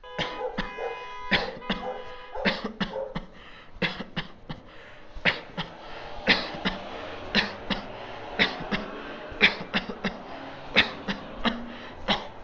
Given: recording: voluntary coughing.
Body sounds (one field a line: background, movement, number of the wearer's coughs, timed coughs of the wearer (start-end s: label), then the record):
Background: traffic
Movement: walking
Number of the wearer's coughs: 25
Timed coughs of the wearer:
0.16-0.53 s: cough
0.56-0.71 s: cough
1.29-1.60 s: cough
1.67-1.98 s: cough
2.43-2.74 s: cough
2.78-3.07 s: cough
3.13-3.28 s: cough
3.79-4.07 s: cough
4.15-4.39 s: cough
4.39-4.70 s: cough
5.22-5.47 s: cough
5.57-5.69 s: cough
6.24-6.62 s: cough
6.62-6.79 s: cough
7.32-7.57 s: cough
7.68-7.89 s: cough
8.36-8.63 s: cough
8.69-8.89 s: cough
9.38-9.67 s: cough
9.71-10.00 s: cough
10.02-10.27 s: cough
10.73-10.98 s: cough
11.06-11.30 s: cough
11.42-11.59 s: cough
12.06-12.30 s: cough
From the record:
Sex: male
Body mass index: 22.0 kg/m2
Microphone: on the chest, facing outward